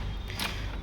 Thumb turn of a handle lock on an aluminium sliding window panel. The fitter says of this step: तो यह मैंने रोटेट किया तो लीवर आपका ये लॉक हो जाता है प्रॉपर।